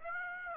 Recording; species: mosquito wingbeat signal from an infrared sensor; Aedes aegypti